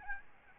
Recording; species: mosquito wingbeat signal from an infrared sensor; Aedes albopictus